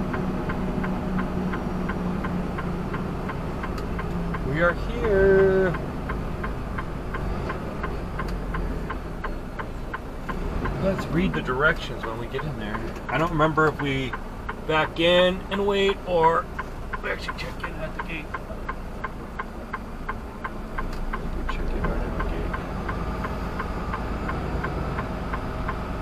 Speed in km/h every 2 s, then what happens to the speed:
47, 44, 35, 27, 16, 6, 0, 0, 0, 0, 0, 5, 5.
0-11 brakes to 0. 11-21 standing.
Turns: none.